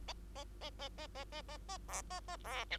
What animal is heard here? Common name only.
Bengalese Finch